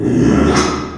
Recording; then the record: squeal of a Yucatan mini pig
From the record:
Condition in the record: after surgery on the right vocal fold (resection and tissue-engineered implant); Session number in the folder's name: 3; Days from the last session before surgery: 33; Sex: male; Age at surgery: 12 weeks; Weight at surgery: 13 kg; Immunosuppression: cyclosporine, prednisolone